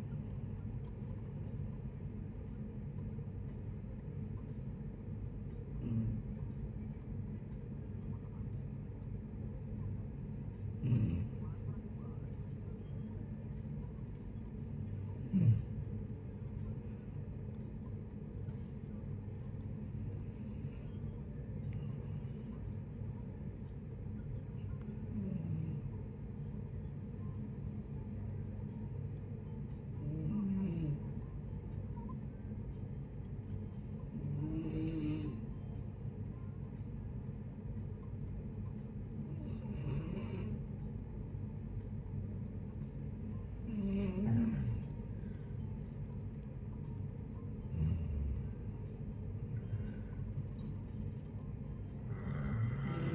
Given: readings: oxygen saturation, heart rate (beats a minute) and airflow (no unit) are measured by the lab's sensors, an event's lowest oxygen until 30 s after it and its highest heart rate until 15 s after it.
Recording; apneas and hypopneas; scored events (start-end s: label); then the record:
a person awake in a sleep study, by a smartphone at the bedside; none
0.00-53.15 s: awake
0.00-53.15 s: awake
From the record:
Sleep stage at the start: awake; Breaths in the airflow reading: 15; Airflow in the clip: -0.7 to 0.7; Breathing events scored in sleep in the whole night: 496 in 5.4 hours asleep